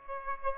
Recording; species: mosquito wingbeat signal from an infrared sensor; Aedes aegypti